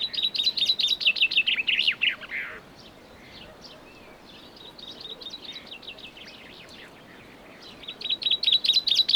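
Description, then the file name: Common chaffinch song: a rapid series of bright chirps tumbling downward and ending in a short flourish, with quieter song in the background before a new phrase begins. "Fringilla coelebs"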